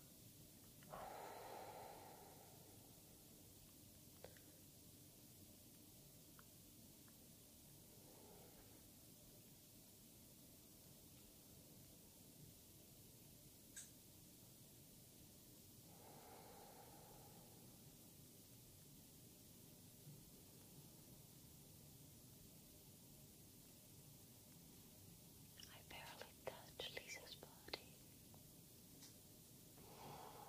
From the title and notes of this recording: Shoulder Massage ASMR deep tissue. Reiki asmr massage therapy by Taya and Liza.